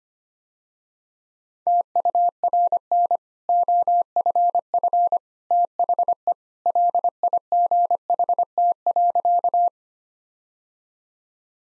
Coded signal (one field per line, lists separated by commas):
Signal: Morse code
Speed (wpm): 25 wpm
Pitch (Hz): 700 Hz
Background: none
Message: TURN OFF THE LIGHT.